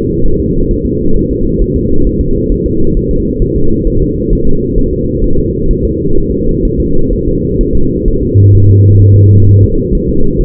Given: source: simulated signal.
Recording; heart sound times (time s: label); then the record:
fetal heart sounds
0.26 s: S1
0.40 s: S2
0.71 s: S1
0.86 s: S2
1.16 s: S1
1.31 s: S2
1.62 s: S1
1.76 s: S2
2.07 s: S1
2.21 s: S2
2.52 s: S1
2.66 s: S2
2.97 s: S1
3.11 s: S2
3.42 s: S1
3.56 s: S2
3.87 s: S1
4.02 s: S2
4.33 s: S1
4.47 s: S2
4.78 s: S1
4.93 s: S2
5.24 s: S1
5.39 s: S2
5.71 s: S1
5.85 s: S2
6.18 s: S1
6.32 s: S2
6.65 s: S1
6.80 s: S2
7.13 s: S1
7.28 s: S2
7.61 s: S1
7.75 s: S2
8.08 s: S1
8.23 s: S2
8.55 s: S1
8.70 s: S2
9.02 s: S1
9.16 s: S2
9.49 s: S1
9.63 s: S2
9.95 s: S1
10.09 s: S2
10.41 s: S1
From the record:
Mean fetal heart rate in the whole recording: 130 bpm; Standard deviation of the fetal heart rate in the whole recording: 4 bpm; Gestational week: 38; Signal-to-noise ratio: -19.1 dB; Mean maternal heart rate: 72 bpm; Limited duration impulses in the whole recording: present